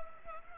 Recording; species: mosquito wingbeat signal from an infrared sensor; Culex pipiens